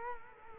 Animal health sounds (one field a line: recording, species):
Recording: mosquito wingbeat signal from an infrared sensor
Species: Culex quinquefasciatus